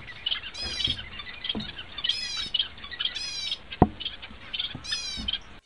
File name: suara owlfinch omkicau